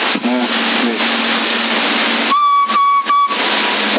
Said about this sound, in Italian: Bip. Così c'è il bip, no? E così non dovresti più sentirlo poi. No, c'è il bip.